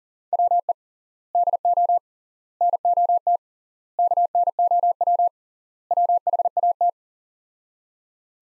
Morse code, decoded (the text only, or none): WE DO NOT KNOW WHAT